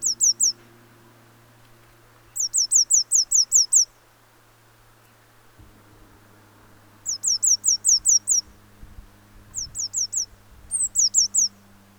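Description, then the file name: Eurasian blue tit calling in quick runs of high, clipped notes, several bursts in succession, with a steady low engine-like hum in the background. "Cyanistes caeruleus"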